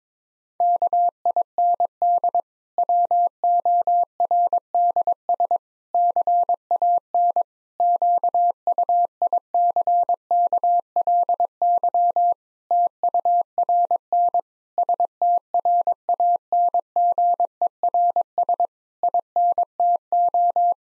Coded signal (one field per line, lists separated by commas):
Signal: Morse code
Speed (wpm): 22 wpm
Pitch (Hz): 700 Hz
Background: none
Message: KIND WORDS CAN QUICKLY TURN STRANGERS INTO